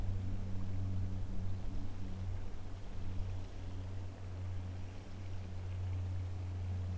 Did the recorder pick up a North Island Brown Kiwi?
no